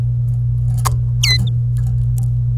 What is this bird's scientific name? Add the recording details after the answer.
Serinus canaria. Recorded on 25 April 2018 at 17:05. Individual llb3